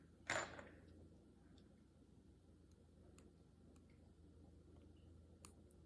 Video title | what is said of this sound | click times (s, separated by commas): Cartier Love Bracelet Small Unboxing & Initial Thoughts | you'll hear a click | 0.3 s, 5.4 s